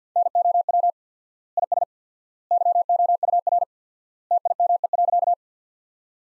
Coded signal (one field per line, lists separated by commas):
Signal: Morse code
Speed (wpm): 48 wpm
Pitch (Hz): 700 Hz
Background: none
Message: NOW IS YOUR TIME.